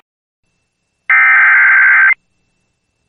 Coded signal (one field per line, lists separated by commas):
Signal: Emergency Alert System (SAME) tones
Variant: header bursts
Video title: Late-June Action | EAS Alerts from June 29th, 2023 (EAS #2845-2852)